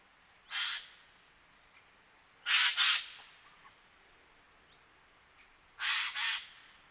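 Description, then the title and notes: Eurasian jay harsh screeching calls, a single screech then two doubled bursts, loud against a quiet background. October 2019; jays from northern Europe arriving across the country in large numbers after poor oak fruiting in Scandinavia and probably good breeding; an ambience of varied calls of the species. "sonothèque Fernand DEROUSSEN. Geai des chênes (Garrulus glandarius)"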